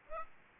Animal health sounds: mosquito wingbeat signal from an infrared sensor; Aedes aegypti

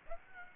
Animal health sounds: mosquito wingbeat signal from an infrared sensor; Aedes aegypti

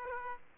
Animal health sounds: mosquito wingbeat signal from an infrared sensor; Aedes aegypti

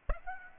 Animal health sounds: mosquito wingbeat signal from an infrared sensor; Aedes aegypti

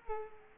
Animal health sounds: mosquito wingbeat signal from an infrared sensor; Culex quinquefasciatus

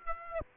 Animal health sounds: mosquito wingbeat signal from an infrared sensor; Aedes aegypti

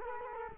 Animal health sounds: mosquito wingbeat signal from an infrared sensor; Culex quinquefasciatus

